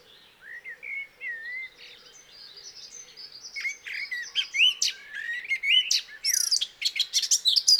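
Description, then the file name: Eurasian blackcap song beginning with soft, slurred whistles that build into a louder, rapid, chattering warble of sharp high notes toward the end. "Sylvia atricapilla"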